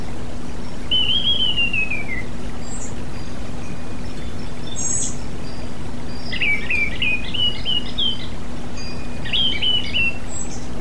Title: Kicau Kacer